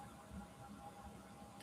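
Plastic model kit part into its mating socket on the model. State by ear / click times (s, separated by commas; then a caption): not seated / none. A plastic model kit part, possibly a nacelle or OPR piece, is handled as it is about to be pushed into its mating socket on the model. Only faint, low handling noise is heard with no distinct impact. Nothing has seated or clicked yet.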